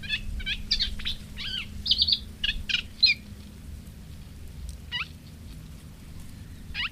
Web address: Madardalok Fülemülesitke